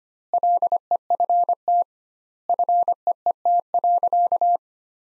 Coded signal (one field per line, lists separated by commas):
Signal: Morse code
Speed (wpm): 25 wpm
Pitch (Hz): 700 Hz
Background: none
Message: LEFT FEET.